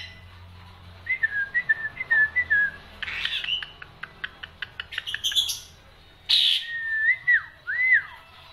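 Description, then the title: Black-winged myna song: clear rising and falling whistles around a steady pitch, then a burst of harsh rasps and rapid clicks, ending with more slurred whistles. Dense, varied song of a Black-winged myna in full voice, recorded for training other songbirds. "Kicauan Rapat Jalak Putih Gacor Banyak Variasi Untuk Masteran"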